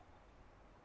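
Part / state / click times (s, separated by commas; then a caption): speed selector lever into mixer gearbox position / not seated / none. The speed selector lever of a flour-mixing machine is shifted toward a gearbox position but does not fully engage. Only a steady low rumble with a faint high-pitched tone is heard, with no sharp sounds. Nothing has seated or clicked yet, and the lever has missed its gear.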